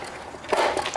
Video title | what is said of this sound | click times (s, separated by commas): NEW Ryobi ONE+ 18-Volt Cordless Bug Zapper (Tool Only) $100?? P29014BTL | pops right in has three | 0.9 s